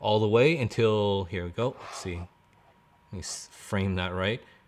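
An external SFF-8644 SAS cable plug is handled at the external port of an HBA while someone talks, with brief pauses between phrases. The plug has not been pushed home yet, so its latch has not engaged and nothing has seated or clicked.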